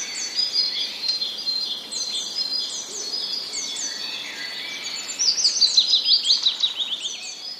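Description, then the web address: Willow warbler song, phrases of sweet notes falling in a soft cadence, clearest near the end, with other small birds twittering in the background. Recorded 2 May 2013. "wroblowe kontra piecuszek 02 05 2013"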